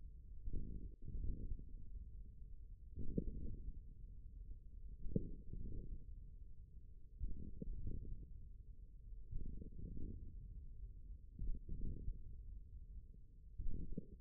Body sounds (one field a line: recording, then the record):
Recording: forearm muscle sounds (acoustic myography)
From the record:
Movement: hand closing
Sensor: system 1, eight BSWA MPA416 microphones around the upper forearm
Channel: 7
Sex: male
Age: 41 years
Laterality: right